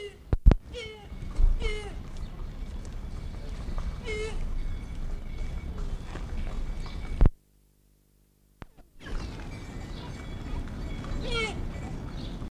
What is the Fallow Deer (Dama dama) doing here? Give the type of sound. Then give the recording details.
call. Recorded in captivity. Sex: diverse. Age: diverse. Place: Zoo Berlin, Berlin, DE. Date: 1959-07-04 16:00. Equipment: Reporter (Vollspur). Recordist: Tembrock, Günter. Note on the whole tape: Weibchen und jüngere Tiere (Gruppe mit 6 Jungtieren): Blöklaute. Abstand: 5-15 m. Aufnahmezeit: 16-17.30 Uhr